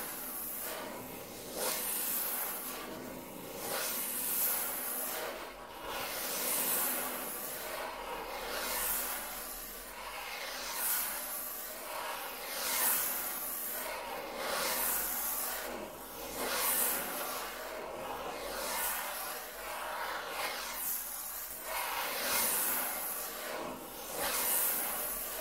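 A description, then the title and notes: Something traced firmly across a table makes a continuous rubbing hiss, swelling in bright scraping strokes roughly every second or two throughout. Intense Table Tracing (No Talking).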